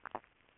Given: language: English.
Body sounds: throat vibration sensor signal played as sound; swallow

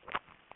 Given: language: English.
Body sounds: throat vibration sensor signal played as sound; swallow

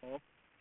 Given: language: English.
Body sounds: throat vibration sensor signal played as sound; speech

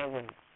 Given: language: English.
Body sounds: throat vibration sensor signal played as sound; speech

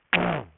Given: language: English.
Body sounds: throat vibration sensor signal played as sound; throat clearing

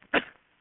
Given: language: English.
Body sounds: throat vibration sensor signal played as sound; cough

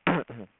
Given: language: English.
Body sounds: throat vibration sensor signal played as sound; throat clearing

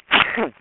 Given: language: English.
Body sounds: throat vibration sensor signal played as sound; cough

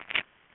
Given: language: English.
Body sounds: throat vibration sensor signal played as sound; swallow

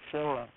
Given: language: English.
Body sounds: throat vibration sensor signal played as sound; speech

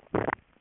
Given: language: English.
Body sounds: throat vibration sensor signal played as sound; swallow

